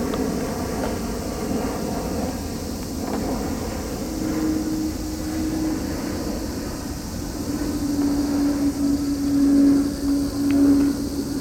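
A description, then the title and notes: A steady low roar of a low-flying plane fills the whole stretch, heavy in the bass, with a droning tone that surfaces around the middle and grows stronger after eight seconds. The sound swells slightly toward the end, with faint clicks scattered throughout. Tokyo Olympic Stadium (Day Closing). Field-recorded at Tokyo Olympic Stadium, Shinjuku. In this quiet place again in afternoon, Aug. The noises of the usual and the repeating sound of low-flying planes remained. An arranged ambient track by kaolu_euphony from the sound materials field-recorded at several places in Tokyo.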